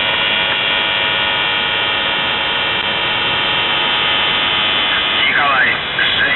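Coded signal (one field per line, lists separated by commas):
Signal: numbers station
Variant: UVB-76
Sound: steady harmonic buzzing drone in radio noise, then a brief voice near the end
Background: radio static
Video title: The Buzzer/UVB-76(4625Khz) May 1st, 2023 12:54UTC Voice message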